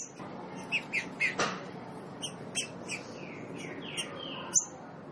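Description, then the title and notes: Green-winged saltator song: a few short sharp notes, then a run of slurred, downslurred whistles one after another over a soft hissy background. Classic song (canto clássico), training recording. "Canto Clássico Trinca Ferro TREINAMENTO. trinca fero"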